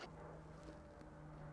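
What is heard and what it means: A keyed LED turn signal bulb socket, with tabs on the outside so it fits only one way, is being handled at the tail light housing of a 4Runner, to be slipped in and turned to the right until it locks. Only a steady low hum with a faint tone near 150 to 180 Hz is heard, with no sharp sounds. Nothing has seated or clicked yet.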